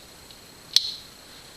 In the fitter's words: and once it's clicked in place you're uh you're locked in and now we can put everything back together